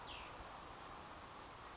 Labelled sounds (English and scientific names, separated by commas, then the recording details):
Cassin's Vireo (Vireo cassinii)
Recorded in Sonoma County, California